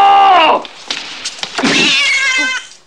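A cat meows twice: a short, high cry that slides downward, then a longer, drawn-out wavering meow after a few soft clicks and taps.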